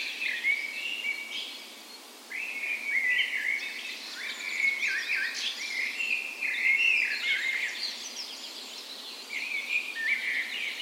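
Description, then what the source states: Birds (dawn chorus): overlapping birdsong at dawn, short whistled chirps and jumbled warbling phrases, a brief lull around two seconds, steady hiss beneath. Dawn chorus in a park west in Bergen, Norway, on the morning of 17 May, Norway's National Day, in full spring; recorded with Sony PCM A10 and LOM Usi microphones as tree ears.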